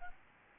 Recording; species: mosquito wingbeat signal from an infrared sensor; Aedes albopictus